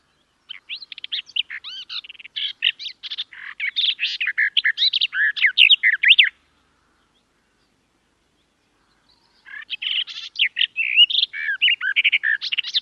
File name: Canto do felosa das figueiras